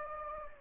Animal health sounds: mosquito wingbeat signal from an infrared sensor; Anopheles gambiae

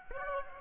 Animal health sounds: mosquito wingbeat signal from an infrared sensor; Aedes aegypti

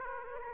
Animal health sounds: mosquito wingbeat signal from an infrared sensor; Aedes aegypti

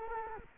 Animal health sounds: mosquito wingbeat signal from an infrared sensor; Culex quinquefasciatus

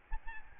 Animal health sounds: mosquito wingbeat signal from an infrared sensor; Aedes albopictus

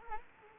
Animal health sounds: mosquito wingbeat signal from an infrared sensor; Anopheles arabiensis

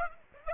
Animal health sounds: mosquito wingbeat signal from an infrared sensor; Aedes aegypti

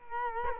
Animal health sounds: mosquito wingbeat signal from an infrared sensor; Culex quinquefasciatus

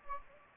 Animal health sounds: mosquito wingbeat signal from an infrared sensor; Anopheles gambiae

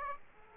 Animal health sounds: mosquito wingbeat signal from an infrared sensor; Aedes aegypti

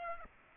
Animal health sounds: mosquito wingbeat signal from an infrared sensor; Aedes aegypti

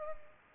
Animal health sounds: mosquito wingbeat signal from an infrared sensor; Culex pipiens

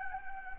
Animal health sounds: mosquito wingbeat signal from an infrared sensor; Anopheles gambiae

